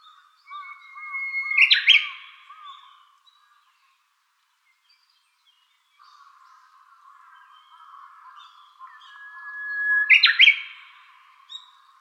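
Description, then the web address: Japanese bush warbler song: a long steady low whistle swelling up, then an explosive rising flourish, sung twice about eight and a half seconds apart with softer warbling between. "birdenaga uguisu"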